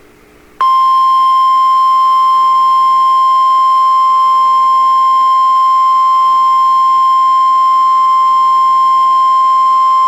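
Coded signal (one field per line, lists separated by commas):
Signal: Emergency Alert System (SAME) tones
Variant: 1050 Hz attention tone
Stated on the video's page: NOAA Weather Radio Tornado Watch from Omaha, Nebraska.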